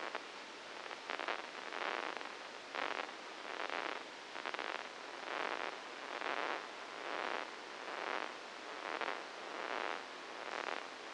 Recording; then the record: brain microelectrode recording played as sound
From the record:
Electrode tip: inside the subthalamic nucleus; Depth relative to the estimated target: 1 mm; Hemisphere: left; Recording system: NeuroSet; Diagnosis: Parkinson's disease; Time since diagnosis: 8 years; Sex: male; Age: 59 years